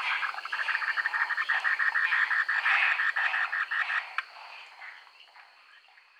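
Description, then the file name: Brown tree frog giving a rapid series of chirpy pulses for about four seconds, then fading out, over a steady high insect-like hum. "Buergeria robusta"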